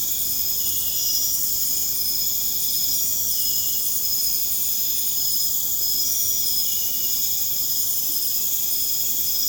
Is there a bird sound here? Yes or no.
no